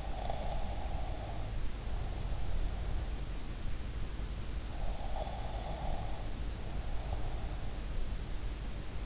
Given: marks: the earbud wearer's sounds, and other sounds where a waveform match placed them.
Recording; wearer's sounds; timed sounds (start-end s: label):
sounds in sleep by an in-ear microphone; snoring breath
0.00-3.10 s: snoring breath
5.00-7.84 s: snoring breath